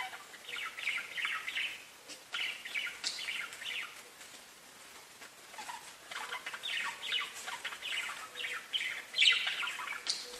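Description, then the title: Budgerigar warbling chatter, a steady mix of soft scratchy chirps and occasional brighter squeaks. "Budgie Sounds"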